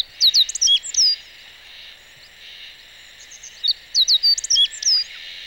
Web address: chikushishou bird watching club 2018 5 11 hoojiro